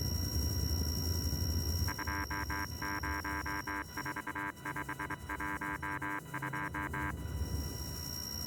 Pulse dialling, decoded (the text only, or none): none